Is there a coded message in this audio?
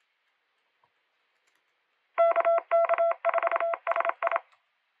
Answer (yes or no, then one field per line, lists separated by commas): yes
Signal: Morse code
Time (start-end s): 2.2-4.4 s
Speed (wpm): 27 wpm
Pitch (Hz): 670 Hz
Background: none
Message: KK4SI